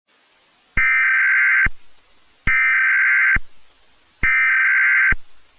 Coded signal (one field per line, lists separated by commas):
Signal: Emergency Alert System (SAME) tones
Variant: header bursts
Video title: First Alert: Transforming Entities | EAS Scenario